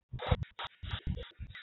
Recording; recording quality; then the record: shallow breathing; poor, much background noise or distortion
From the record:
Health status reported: healthy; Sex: male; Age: 30 years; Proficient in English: yes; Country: India